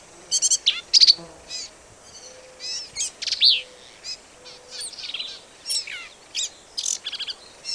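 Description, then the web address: Black-capped vireo song: loud, varied phrases of harsh chatters, squeaky slurs and buzzy notes, tumbling rapidly one after another with brief pauses. "birds vireos"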